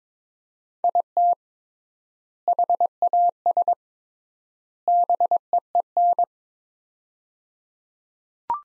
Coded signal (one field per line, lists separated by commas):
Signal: Morse code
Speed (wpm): 22 wpm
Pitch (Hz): 700 Hz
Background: none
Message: IT HAS BEEN